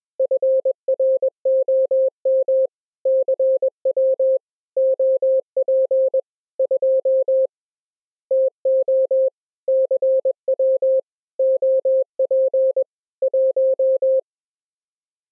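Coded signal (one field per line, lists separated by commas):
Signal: Morse code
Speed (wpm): 21 wpm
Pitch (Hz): 530 Hz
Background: none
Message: FROM CW OP 2 TO CW OP 1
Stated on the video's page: Live full-duplex Morse QSO sent as audio over IP using Secure Reliable Transport.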